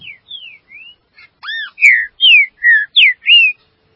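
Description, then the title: Green-winged saltator song building from a few soft whistles into a loud phrase of about six clear, mostly falling slurred notes. "Trinca Ferro"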